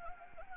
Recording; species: mosquito wingbeat signal from an infrared sensor; Anopheles arabiensis